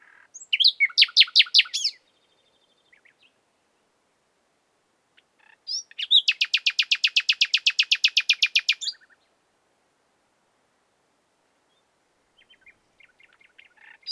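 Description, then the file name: Common nightingale sings a rapid phrase of sharp notes, pauses, then delivers a long, fast, steady trill of many notes before faint notes return. "Luscinia megarhynchos"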